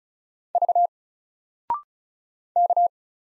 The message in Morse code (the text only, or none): V K